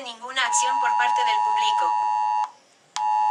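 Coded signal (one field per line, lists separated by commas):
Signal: Emergency Alert System (SAME) tones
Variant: 853 and 960 Hz attention tone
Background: speech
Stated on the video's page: Nationwide FEMA EAS test.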